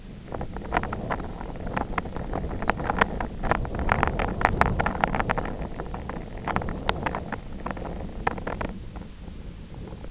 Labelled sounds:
none
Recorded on Arctic tundra, site IGLO-F, on 24 June 2018
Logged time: 20:00

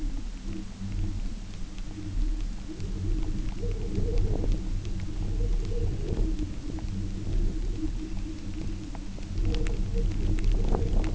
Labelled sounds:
none
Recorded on Arctic tundra, site UTQI-0, on 27 June 2018
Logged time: 04:00

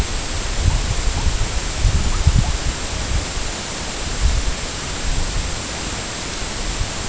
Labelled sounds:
none
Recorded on Arctic tundra, site EABA-MC, on 22 June 2019
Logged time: 00:00

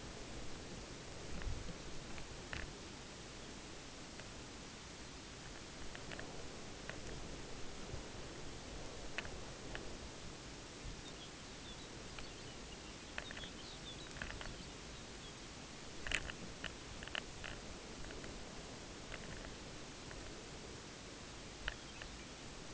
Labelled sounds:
Lapland Longspur (Calcarius lapponicus), unidentified sound
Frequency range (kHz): Lapland Longspur (Calcarius lapponicus) 2.2-5.4 kHz
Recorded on Arctic tundra, site UTQI-5, on 14 June 2019
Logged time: 14:00

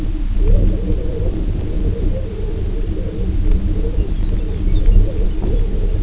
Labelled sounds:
Lapland Longspur (Calcarius lapponicus)
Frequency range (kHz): Lapland Longspur (Calcarius lapponicus) 1.8-6.0 kHz
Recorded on Arctic tundra, site UTQI-0, on 19 June 2018
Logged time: 22:00

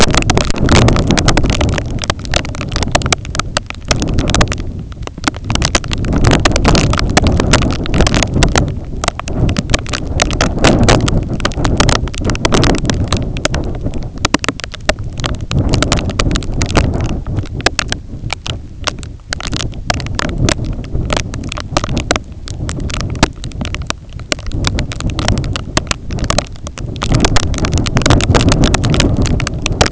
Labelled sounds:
none
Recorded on Arctic tundra, site IGLO-A, on 20 June 2018
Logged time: 21:59

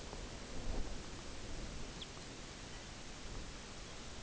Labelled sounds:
Lapland Longspur (Calcarius lapponicus)
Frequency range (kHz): Lapland Longspur (Calcarius lapponicus) 2.5-4.7 kHz
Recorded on Arctic tundra, site UTQI-0, on 14 June 2019
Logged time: 14:00

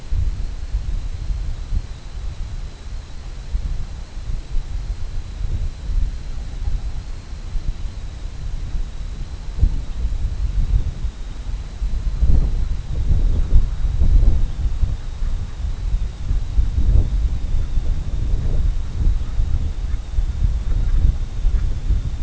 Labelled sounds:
King Eider (Somateria spectabilis), unidentified sound
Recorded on Arctic tundra, site CORI-1, on 21 June 2018
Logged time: 00:00

